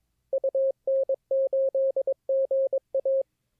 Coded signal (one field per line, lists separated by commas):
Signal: Morse code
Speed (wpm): 22 wpm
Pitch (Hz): 540 Hz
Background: none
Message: UN8GA